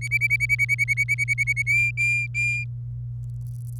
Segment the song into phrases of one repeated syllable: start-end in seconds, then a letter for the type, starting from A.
0.01-1.62 A, 1.67-2.64 B